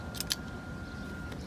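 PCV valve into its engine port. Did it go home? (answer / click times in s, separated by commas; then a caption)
yes / 0.3 s. A PCV valve is pushed by hand into its port on a Mazdaspeed3 engine during a turbo engine build, over a steady high-pitched hum. A lighter snap at 0.2 s is followed by a sharper, louder click at 0.3 s as the valve seats in the port, then a faint tick near 1.3 s.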